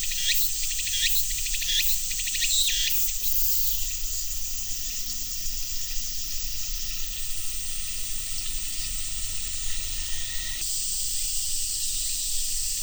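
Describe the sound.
Cicadas with a high, steady droning hiss; a few rising buzzy sweeps at the start fade out, leaving the even drone for the rest.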